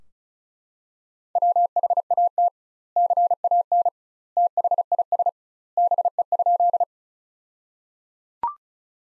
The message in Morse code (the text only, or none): WHAT CAN THIS BE?